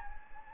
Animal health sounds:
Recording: mosquito wingbeat signal from an infrared sensor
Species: Anopheles gambiae

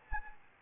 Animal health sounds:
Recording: mosquito wingbeat signal from an infrared sensor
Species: Anopheles arabiensis

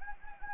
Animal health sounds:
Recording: mosquito wingbeat signal from an infrared sensor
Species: Anopheles gambiae

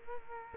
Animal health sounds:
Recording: mosquito wingbeat signal from an infrared sensor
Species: Culex quinquefasciatus

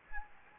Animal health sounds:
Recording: mosquito wingbeat signal from an infrared sensor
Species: Anopheles gambiae

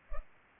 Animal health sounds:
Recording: mosquito wingbeat signal from an infrared sensor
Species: Culex pipiens

